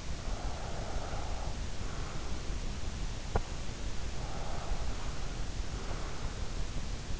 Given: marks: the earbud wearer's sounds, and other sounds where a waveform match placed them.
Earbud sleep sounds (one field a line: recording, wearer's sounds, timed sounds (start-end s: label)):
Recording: sounds in sleep by an in-ear microphone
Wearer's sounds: breath, teeth grinding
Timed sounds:
0.00-2.57 s: breath
3.09-3.66 s: teeth grinding
4.23-6.46 s: breath